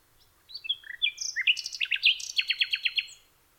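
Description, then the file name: Common nightingale song phrase opening with clear whistles, then varied notes and a quick run of loud repeated chips, in otherwise quiet surroundings. "nachtegaal"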